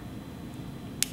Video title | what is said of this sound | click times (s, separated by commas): Introduction to Suturing | you're gonna hear that nice snap that means that this needle driver is locked | 1.0 s